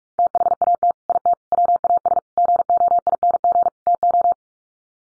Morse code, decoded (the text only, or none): THAT IT WAS GOING TO